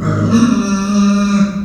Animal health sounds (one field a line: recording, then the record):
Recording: squeal of a Yucatan mini pig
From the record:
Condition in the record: after surgery on the right vocal fold (resection and tissue-engineered implant)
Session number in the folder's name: 9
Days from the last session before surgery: 65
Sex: female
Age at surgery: 19 weeks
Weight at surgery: 25 kg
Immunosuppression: prednisolone